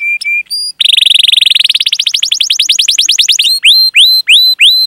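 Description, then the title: Canary song: short whistled notes, then a long trill that climbs in pitch, followed by repeated rising whistled slurs. Kept songbird for bird-keeping hobbyists; lively singer with the finest song phrases and a rich fill-in repertoire. "Kenari Gacor Cengkok Terbaik Isian Paling Mewah Kenarigacor Kicaumania Kenari"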